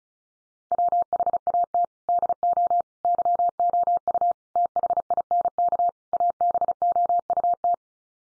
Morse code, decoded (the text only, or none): WHAT DO YOU THINK ABOUT